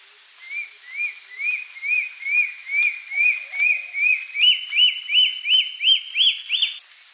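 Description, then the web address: Wing-banded antbird song: a steady series of many short upslurred whistles, climbing gradually in pitch, nearly three per second, over a constant high insect hiss. In the eastern lowlands of South America. "Natures Songs S America Eastern Lowlands. Wing-banded Antbird"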